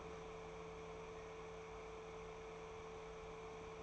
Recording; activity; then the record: daily activity, microphone in the room; open fridge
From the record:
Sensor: 1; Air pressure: 1014.9 hPa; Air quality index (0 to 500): 192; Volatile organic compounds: 21 ppm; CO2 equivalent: 2719 ppm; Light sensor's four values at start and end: 22/54/23/27 and 21/52/22/26